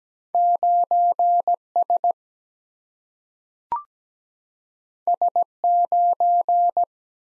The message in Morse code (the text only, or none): 9 S S 9